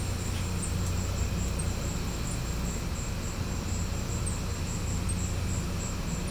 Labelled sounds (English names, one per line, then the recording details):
none
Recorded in pastures near Puerto Asís, Putumayo, Colombia, on 16 December 2024 at 12:30
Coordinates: 0.505, -76.324
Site G063